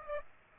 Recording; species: mosquito wingbeat signal from an infrared sensor; Aedes aegypti